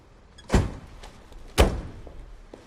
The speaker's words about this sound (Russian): Ив хлопнул дверью машины и ушел.